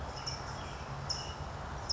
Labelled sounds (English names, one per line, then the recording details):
California Towhee
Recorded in Sonoma County, California